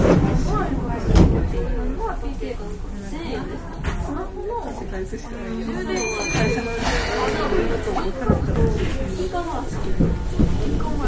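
Keihan Railway 6000 series express train ride, with steady low rumble under continuous chatter of passengers talking throughout. A sharp knock comes near the one-second mark, and around six seconds a brief bright ringing tone with rapid ticking cuts through before fading.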